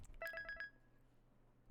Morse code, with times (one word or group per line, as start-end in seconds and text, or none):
none